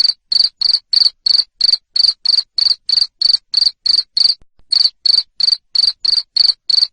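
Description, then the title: Cricket giving loud, sharp chirps, about three per second, each a short high trill, broken by a single short gap. Loud cricket chirping used to stimulate lovebirds to keep singing. "Suara JANGKRIK NGERIK Keras Bikin LOVEBIRD Jadi NGEKEK Terus Vubey"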